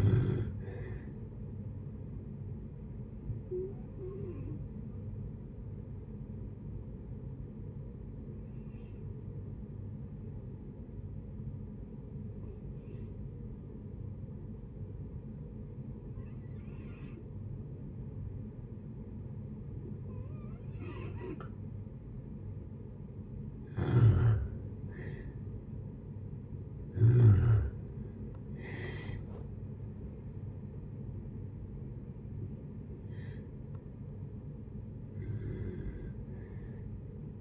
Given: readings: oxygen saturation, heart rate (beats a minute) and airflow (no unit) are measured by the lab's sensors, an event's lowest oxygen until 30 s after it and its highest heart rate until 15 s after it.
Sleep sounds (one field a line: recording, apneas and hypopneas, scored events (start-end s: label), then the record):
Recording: breathing in sleep by a smartphone at the bedside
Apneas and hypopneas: 1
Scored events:
8.00-26.50 s: hypopnea (N1, oxygen 95% highest, then 87% lowest, heart rate 62 at the start, 76 highest)
From the record:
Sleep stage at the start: N1 (lightest sleep)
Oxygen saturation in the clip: 88 to 95%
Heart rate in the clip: 59 to 76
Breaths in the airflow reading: 10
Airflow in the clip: -7.1 to 10.7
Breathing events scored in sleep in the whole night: 496 in 5.4 hours asleep